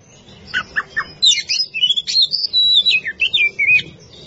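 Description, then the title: Oriental magpie-robin pours out a varied song of sharp chips and loud, looping whistles that dip and rise, with a quiet hum underneath. Champion singing bird. "Kicau Burung Kacer Juara"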